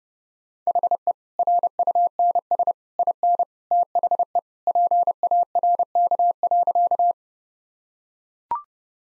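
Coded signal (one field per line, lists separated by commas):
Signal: Morse code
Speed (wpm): 32 wpm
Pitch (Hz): 700 Hz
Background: none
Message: HE RUNS IN THE PARK.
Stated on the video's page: Morse practice sentences with contextual hints at 30 wpm.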